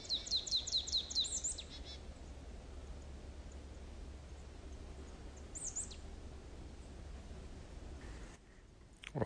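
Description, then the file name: Marsh tit call: a fast run of clipped high notes at the start, later one thin high note, then a sudden burst of noise at the end. "Poecile palustris"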